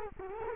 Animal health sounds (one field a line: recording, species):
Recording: mosquito wingbeat signal from an infrared sensor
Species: Culex quinquefasciatus